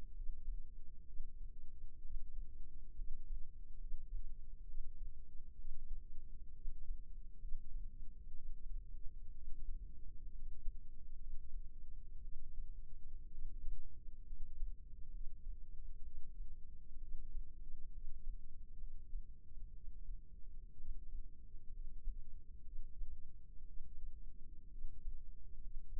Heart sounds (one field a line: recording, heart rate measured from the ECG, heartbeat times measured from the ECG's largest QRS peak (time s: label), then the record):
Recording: heart sounds by microphone in the left ear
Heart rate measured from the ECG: 64 bpm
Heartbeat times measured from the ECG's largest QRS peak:
0.15 s: heartbeat
1.07 s: heartbeat
2.03 s: heartbeat
2.97 s: heartbeat
3.80 s: heartbeat
4.67 s: heartbeat
5.57 s: heartbeat
6.55 s: heartbeat
7.41 s: heartbeat
8.35 s: heartbeat
9.34 s: heartbeat
10.32 s: heartbeat
11.19 s: heartbeat
12.23 s: heartbeat
13.31 s: heartbeat
14.27 s: heartbeat
15.13 s: heartbeat
16.04 s: heartbeat
17.01 s: heartbeat
17.94 s: heartbeat
18.80 s: heartbeat
19.74 s: heartbeat
20.78 s: heartbeat
21.73 s: heartbeat
22.65 s: heartbeat
23.67 s: heartbeat
24.71 s: heartbeat
25.63 s: heartbeat
From the record:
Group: healthy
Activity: rest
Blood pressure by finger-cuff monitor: 128/74 mmHg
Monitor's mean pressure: 89 mmHg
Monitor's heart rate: 63 bpm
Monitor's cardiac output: 5.9 L/min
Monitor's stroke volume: 92 mL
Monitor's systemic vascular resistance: 1090 dyn s/cm5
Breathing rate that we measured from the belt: 16 breaths a minute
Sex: male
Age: 22 years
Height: 181 cm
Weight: 79 kg